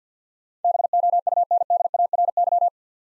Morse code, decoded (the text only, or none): BOUNDARY